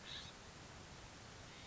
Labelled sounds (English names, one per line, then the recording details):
California Scrub-Jay
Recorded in Sonoma County, California